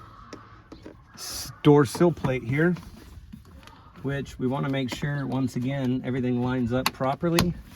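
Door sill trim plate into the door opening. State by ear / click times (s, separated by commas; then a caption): not seated / none. A plastic door sill trim plate on a 1996-2002 third-generation Toyota 4Runner is lined up over the door opening while someone talks, with a few faint handling taps and rustles between the speech. The plate is only being handled; nothing has seated or clicked yet.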